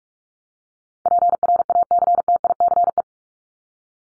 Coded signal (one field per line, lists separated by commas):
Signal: Morse code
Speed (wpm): 44 wpm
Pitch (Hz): 700 Hz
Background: none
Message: PRACTICE